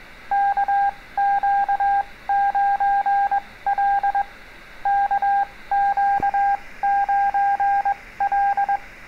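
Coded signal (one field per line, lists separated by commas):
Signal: Morse code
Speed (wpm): 21 wpm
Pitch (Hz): 800 Hz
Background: none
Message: KQ9L KQ9L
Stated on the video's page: Beginner CW lesson on answering a CQ call.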